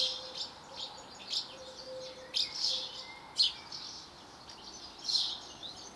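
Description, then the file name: House sparrow chirping, scattered brief notes at irregular intervals, some softer. "Passer domesticus"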